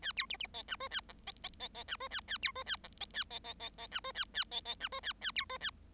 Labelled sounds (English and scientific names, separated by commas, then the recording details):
Bengalese Finch (Lonchura striata domestica) song
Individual Bird7